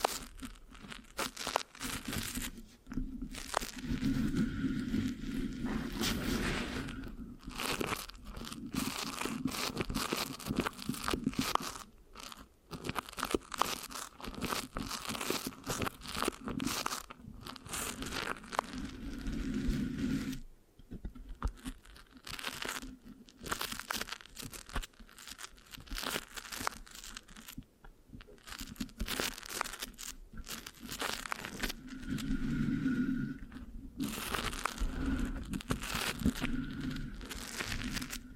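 Microphone scratching with a sticky, crunchy texture, made of dense rapid scrapes and crinkles that run almost without pause. A low hum sits underneath, swelling around 4, 20 and 33 seconds. Brief near-silent gaps fall near 12, 20 and 28 seconds.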